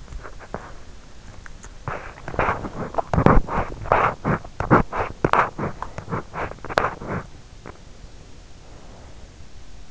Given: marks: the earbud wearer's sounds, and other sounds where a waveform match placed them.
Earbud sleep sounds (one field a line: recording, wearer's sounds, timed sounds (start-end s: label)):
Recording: sounds in sleep by an in-ear microphone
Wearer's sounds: body movement, breath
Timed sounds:
0.00-7.83 s: body movement
7.83-9.55 s: breath